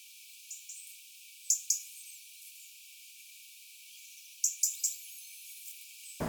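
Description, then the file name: European robin calls: a few sharp high ticks, mostly in close pairs or triplets, separated by long quiet gaps, with a faint thin whistle near the end. "Erithacus rubecula"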